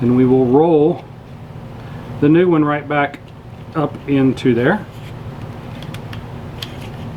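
Someone talks while handling a replacement accessory trigger, rolling it up into the polymer frame of a SIG P322 pistol. After the talking, a few faint, brief ticks of handling come through over a steady low hum. Nothing has seated or clicked into place yet.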